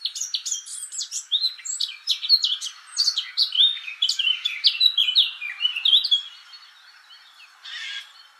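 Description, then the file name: Eurasian blackcap pouring out a quick, varied warble of high chirps and slurred whistles, then falling quiet before a brief burst of sound. "Sylvia atricapilla"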